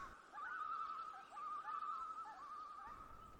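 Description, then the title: Common Loon calling: a long, sustained tone whose pitch wavers up and down throughout. "Dirty Bird Shorties: The Common Loon"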